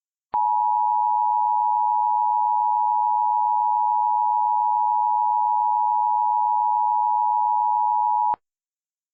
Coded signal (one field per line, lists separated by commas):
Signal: Emergency Alert System (SAME) tones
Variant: 853 and 960 Hz attention tone